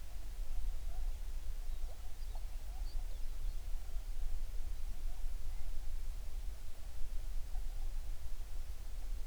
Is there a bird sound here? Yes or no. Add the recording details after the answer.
yes. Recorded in the Prudhoe Bay oil fields, Alaska, on 11 June 2019 at 04:52. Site 21